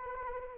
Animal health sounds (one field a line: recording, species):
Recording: mosquito wingbeat signal from an infrared sensor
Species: Anopheles arabiensis